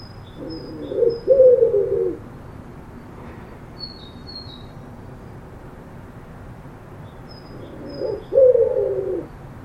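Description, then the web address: Bird cooing low twice, phrases about seven seconds apart, each a short note then a drawn-out coo; faint thin high notes from another bird between them. "Bird Only"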